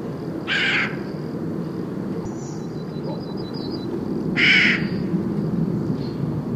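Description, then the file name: Eurasian jay giving two harsh, rasping screeches about four seconds apart, over steady low rumbling noise and a few faint high bird notes. "Garrulus glandarius"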